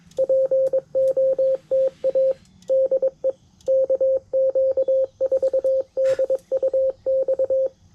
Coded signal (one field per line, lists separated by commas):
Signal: Morse code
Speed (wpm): 22 wpm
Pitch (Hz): 530 Hz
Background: radio noise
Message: POTA DE KQ4DUX